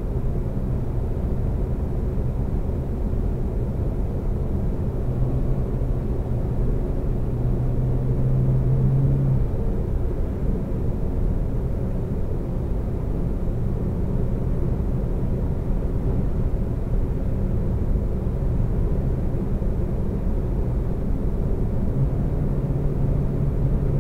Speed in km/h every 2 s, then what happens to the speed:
108, 108, 111, 114, 116, 114, 114, 116, 116, 116, 116, 116.
0-7 speeds up to 116. 7-24 steady at about 116.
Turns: none.